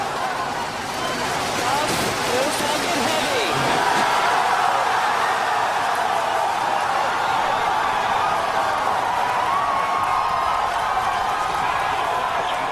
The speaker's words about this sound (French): Bon, c'est vrai qu'on entend surtout la foule en délire, mais on imagine aussi la poussée, les flammes, la vitesse. C'était un sacré spectacle